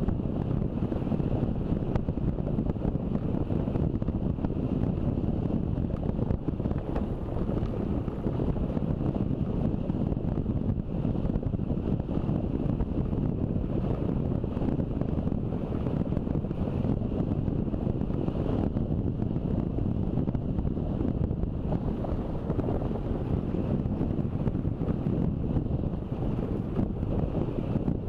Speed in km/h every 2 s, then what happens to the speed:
29, 29, 29, 29, 28, 28, 28, 28, 28, 27, 27, 27, 28, 27.
0-28 steady at about 28.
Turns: none.